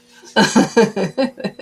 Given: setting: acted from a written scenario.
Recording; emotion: vocal sound without words; amusement